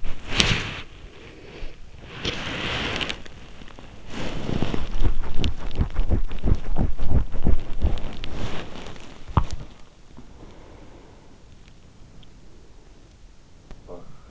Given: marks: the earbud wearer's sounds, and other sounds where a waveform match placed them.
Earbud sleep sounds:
sounds in sleep by an in-ear microphone; body movement, breath
0.00-14.31 s: body movement
10.20-13.40 s: breath

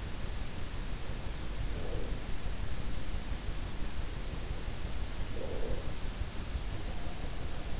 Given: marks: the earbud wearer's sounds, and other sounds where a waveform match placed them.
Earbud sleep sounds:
sounds in sleep by an in-ear microphone; breath
1.47-2.47 s: breath
4.88-6.21 s: breath

